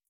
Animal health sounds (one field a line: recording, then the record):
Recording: hydrophone in a shrimp aquaculture tank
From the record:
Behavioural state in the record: feeding